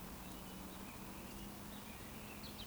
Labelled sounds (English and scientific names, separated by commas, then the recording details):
Eurasian Woodcock (Scolopax rusticola) whistle
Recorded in Baden-Württemberg, Germany, on 23 June 2020 at 19:55 UTC
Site 14569, 102 m above sea level